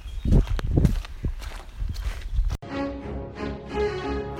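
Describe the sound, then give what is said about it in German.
Several heavy, wet squelching footsteps of people walking on soggy ground along the Pfirsichweg path, irregular and fairly loud, before the sound cuts abruptly to a steady, humming tonal drone. “Also wir sind auf dem Pfirsichweg, weil hier ist echt, obwohl man hört auch gerade noch, bis später hört ihr die saftigen Schritte.”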